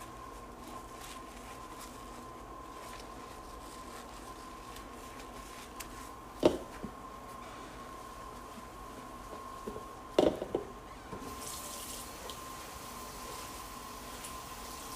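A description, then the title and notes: A large bowl is washed and dried, with a steady low hum and a constant tone running underneath. Two sharp knocks stand out, one around six seconds and a cluster near ten seconds. Toward the end a brighter hiss rises, like running water. ASMR Washing and Drying Large Bowl.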